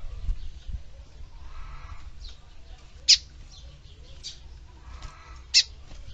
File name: canto do bigodinho